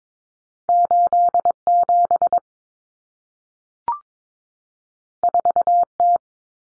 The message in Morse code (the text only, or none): 87 4T